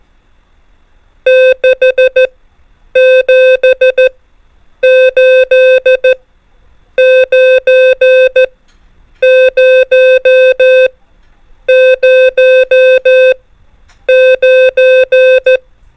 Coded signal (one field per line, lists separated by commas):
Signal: Morse code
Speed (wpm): 14 wpm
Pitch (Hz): 520 Hz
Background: music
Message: 6 7 8 9 0 0 9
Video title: MORSE CODE RUNNER NUMBERS ONLY | CW PRACTICE CODE